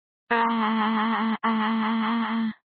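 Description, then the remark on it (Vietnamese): A long, loud scream from the story character Vương Chi, held at a steady, fairly high pitch, broken by a brief catch into two sustained stretches of roughly a second each before it cuts off. “Bất thình lình, từ miệng hắn, một tiếng hét dài vang lên.”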